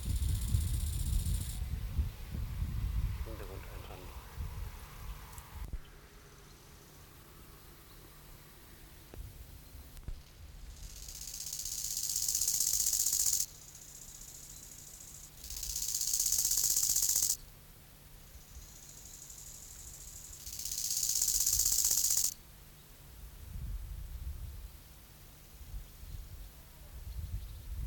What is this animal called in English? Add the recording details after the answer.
Bow-winged Grasshopper. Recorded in the wild. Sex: male. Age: imago. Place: Treuchtlingen, Naturpark Altmühltal, Bayern, DE. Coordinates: 48.96, 10.91. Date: 1993-09-19 11:43. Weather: 16,5°C, Sonnig. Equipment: Marantz CP 430, Sennheiser MKH 416 T, Kopie Uher Variocord 263. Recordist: Tembrock, Günter. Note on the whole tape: Stridulation, sehr gut, längere Strecke; Weibchen kommt dazu; 16,5°C